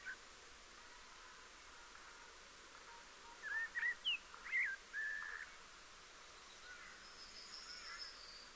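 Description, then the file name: Eurasian blackbird singing one soft, fairly faint phrase of slurred fluty notes ending in a brief held tone, amid steady background hiss. "Turdus merula"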